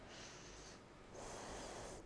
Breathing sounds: one breath in and out by a microphone near the nose and mouth; deep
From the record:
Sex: female

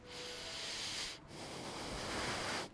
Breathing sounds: one breath in and out by a microphone near the nose and mouth; deep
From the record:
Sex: male

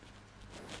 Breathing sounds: one breath in and out by a microphone near the nose and mouth; strong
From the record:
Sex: male

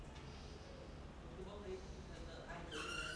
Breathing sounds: one breath in and out by a microphone near the nose and mouth; normal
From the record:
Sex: male

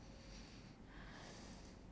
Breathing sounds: one breath in and out by a microphone near the nose and mouth; deep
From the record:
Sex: male

